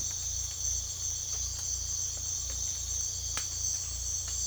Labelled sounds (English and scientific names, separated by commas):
none